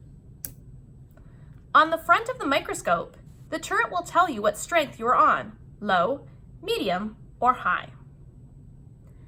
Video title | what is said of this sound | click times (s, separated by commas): Discover Together: Increasing Magnification on the Microscope | Change the magnifying strength by rotating the lens turret until you hear a click. | 0.4 s